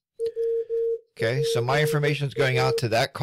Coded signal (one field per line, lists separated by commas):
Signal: Morse code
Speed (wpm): 14 wpm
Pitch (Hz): 460 Hz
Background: speech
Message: WPA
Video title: Easy Ways To Learn CW | Ham Radio Morse Code For All